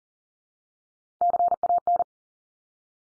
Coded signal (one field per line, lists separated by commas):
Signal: Morse code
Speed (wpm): 40 wpm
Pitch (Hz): 700 Hz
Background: none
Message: CAN